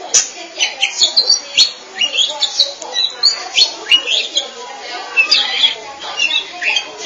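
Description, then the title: Oriental magpie-robin: songbird chattering rapidly with thin whistles and scratchy notes, phrases coming in quick pulses throughout. "Suara Kicauan Burung Kacer Durasi Panjang"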